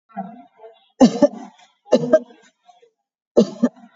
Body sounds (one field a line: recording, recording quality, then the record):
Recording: heavy voluntary cough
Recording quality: excellent, no background noise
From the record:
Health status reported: COVID-19 positive, mild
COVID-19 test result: positive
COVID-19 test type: RT-PCR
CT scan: taken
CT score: 3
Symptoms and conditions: cough, cold, fatigue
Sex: female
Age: 62 years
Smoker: no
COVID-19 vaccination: both doses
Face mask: worn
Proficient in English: yes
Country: India